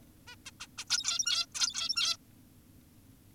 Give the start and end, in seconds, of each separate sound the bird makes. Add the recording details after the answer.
0.27-0.36, 0.46-0.51, 0.60-0.67, 0.78-0.85, 0.90-1.46, 1.55-2.17. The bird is an adult. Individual g17y2U